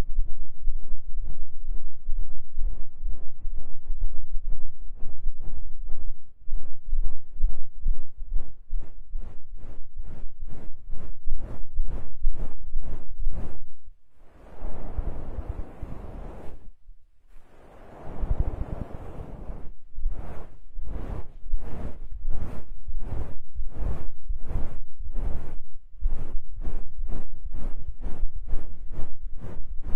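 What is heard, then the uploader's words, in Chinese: An ear massage: rhythmic rubbing strokes, roughly two per second, each a soft low thump with a brushing hiss that grows brighter after the first few seconds. From about 14 to 19 seconds the strokes merge into continuous rubbing, briefly broken near 17 seconds, before the steady strokes resume. 放松按摩耳朵。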